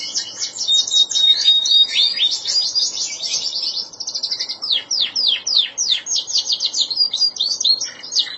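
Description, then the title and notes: Canary singing a dense, rapid series of high chirps and trills, phrases changing every second or two. "Suara Burung Kenari"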